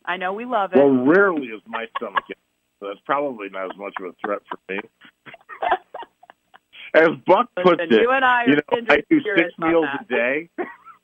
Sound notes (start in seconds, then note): 2.7 laughs; 5.1 laughs